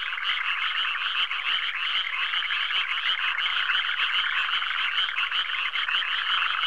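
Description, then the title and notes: Frogs croaking in a dense, continuous chorus, many overlapping rattling calls blending into a steady mid-pitched churr. "NHK Sound Effects Collection - 3-Frogs, Crickets, Cicadas, Horses, Dogs. NHK効果音集 - 3-カエル・虫・セミ・ウマ・イヌ"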